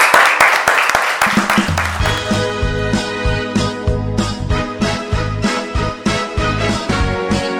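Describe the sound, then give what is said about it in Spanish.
A short burst of audience applause, dense and loud, at the close of the radio programme Despertando on the university's AM1240, fills the first couple of seconds before a steady musical piece with a pulsing bass line takes over and continues to the end. “Si quieren, un aplauso porque estuvo buenísimo.”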